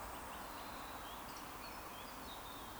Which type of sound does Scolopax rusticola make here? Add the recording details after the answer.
whistle. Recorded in Baden-Württemberg, Germany, on 20 June 2020 at 19:41 UTC. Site 46046, 702 m above sea level